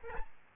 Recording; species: mosquito wingbeat signal from an infrared sensor; Aedes albopictus